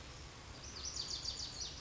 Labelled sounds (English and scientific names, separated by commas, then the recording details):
Lazuli Bunting (Passerina amoena)
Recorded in Sonoma County, California